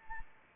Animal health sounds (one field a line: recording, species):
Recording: mosquito wingbeat signal from an infrared sensor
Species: Anopheles arabiensis